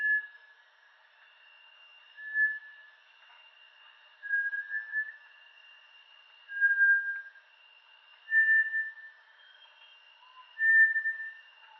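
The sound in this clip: Bartlett's tinamou sounding clear whistled notes, each under a second, spaced roughly every two seconds, with a thin persistent higher tone behind them.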